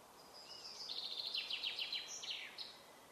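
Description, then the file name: Common chaffinch delivers a single cascading song phrase, its chipping notes tumbling lower before a terminal flourish, with soft background hiss. "Fringilla coelebs"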